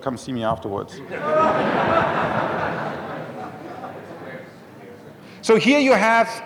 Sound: laughter